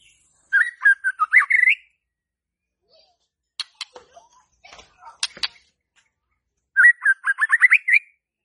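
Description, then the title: White-rumped shama song: two bursts of rich whistled notes climbing in pitch, separated by a few sharp scattered chips. Lure song played to provoke stressed, stuck (non-singing) birds into singing. "PANCINGAN Murai Batu STRES & MACET"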